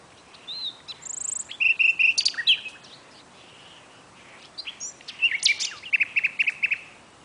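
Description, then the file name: Common nightingale song in two bursts of varied phrases: sharp chirps, a high whistle, then a run of rapid repeated notes, with short pauses between. "Luscinia megarhynchos"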